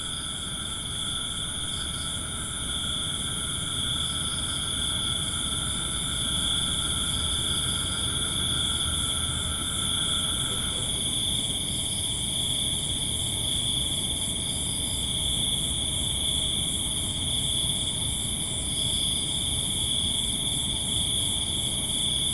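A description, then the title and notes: A steady night chorus of crickets and insects trills high and dense over low rumble, with one mid-pitched drone stopping halfway. Vietnamese Night. Just tested my new M/S setup with hypercardioid.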